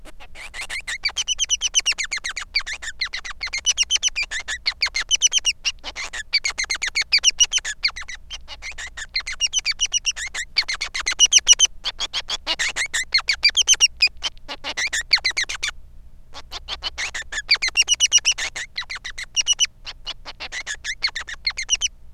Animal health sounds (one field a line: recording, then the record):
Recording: song of a male Bengalese finch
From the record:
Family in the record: son of father 3